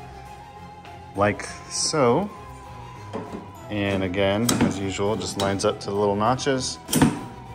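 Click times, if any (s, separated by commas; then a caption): 7.0 s. Someone talks over background music while a frame section of an animated Halloween werewolf prop (the Immortal Werewolf from Home Depot) is lined up with its small notches and pushed onto the adjoining section. A sharp click at 7.0 s marks the piece seating into place.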